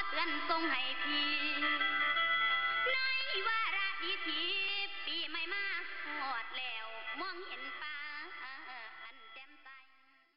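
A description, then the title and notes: A woman sings Thai mor lam over shortwave radio, her voice bending and wavering through long melodic lines. The sound is thin and boxy, with no deep lows or crisp highs, and a low hum in the first three seconds. The signal gradually fades toward the end. Thailand Mor Lam music (female singing) heard on shortwave radio somewhere outside Udon Thani near the Thailand/Laos border.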